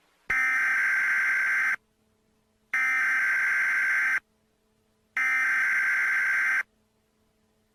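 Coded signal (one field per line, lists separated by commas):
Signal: Emergency Alert System (SAME) tones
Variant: header bursts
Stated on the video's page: Fictional EAS scenario.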